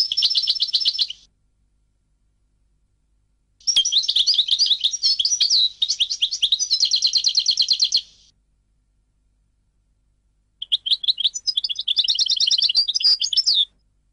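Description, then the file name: European goldfinch song: a short trill, then a long varied twittering phrase with jangling and rolling notes, and another phrase after a pause. "audio burung goldfinch"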